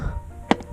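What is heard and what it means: A key is turned to the right in a scooter seat lock, and the seat latch releases with a single sharp click at 0.5 s. Quiet low background sound surrounds the click, and the seat is unlocked.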